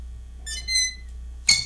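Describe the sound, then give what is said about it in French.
A sign loosely fixed to its base creaks: a drawn-out, high, whining squeal with bright overtones lasting about half a second, then a brief sharper squeak, with no one talking. “C'est une pancarte, mettons, qui va grincer, tu sais, parce qu'il est mal fixé après un...”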